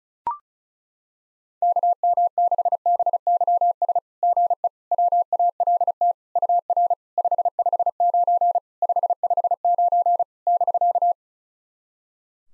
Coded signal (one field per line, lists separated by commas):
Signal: Morse code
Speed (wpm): 35 wpm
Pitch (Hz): 700 Hz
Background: none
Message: KM6BYS GE WALT UR 559 559 <BK>